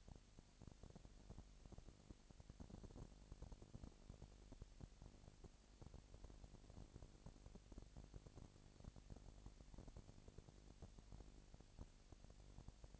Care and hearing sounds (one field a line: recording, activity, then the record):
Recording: daily activity, microphone in the room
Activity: no activity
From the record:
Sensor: 5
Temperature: 20.1 degrees Celsius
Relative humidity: 38.2%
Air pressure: 998.9 hPa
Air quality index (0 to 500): 218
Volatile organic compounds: 24 ppm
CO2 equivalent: 2814 ppm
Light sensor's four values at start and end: 2/3/1/1 and 2/3/1/1